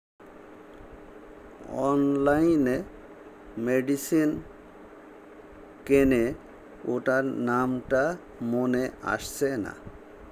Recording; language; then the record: elicited speech; Bengali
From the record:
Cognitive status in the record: dementia